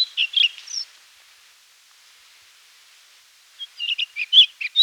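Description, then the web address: Güldenstädt's redstart song: a brief high twittering phrase, a silent gap of nearly three seconds, then another chirpy phrase of quick notes. "guldenstadts redstart song"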